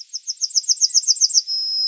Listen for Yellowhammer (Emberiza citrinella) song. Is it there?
yes